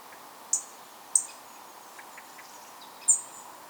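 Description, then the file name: European robin ticks: three short, very high clicks, the first two close together and the third after a pause and slightly drawn out, over faint hiss. "Erithacus rubecula"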